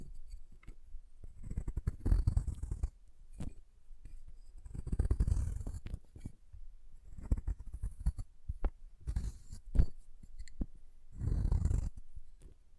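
Chalk being carved and cut, heard as rough scraping strokes in uneven bursts, with a strong low rasp around two, five, seven and twelve seconds. Short sharp ticks and clicks punctuate the pauses between strokes, and some strokes carry a faint bright hiss.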